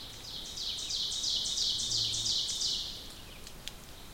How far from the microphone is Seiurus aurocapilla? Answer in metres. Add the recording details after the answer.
about 50 m. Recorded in boreal forest in Alberta, Canada, on 2 June 2016 at 08:58. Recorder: SongMeter 3, array SBT-3-7. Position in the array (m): -15 m, 73 m. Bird 7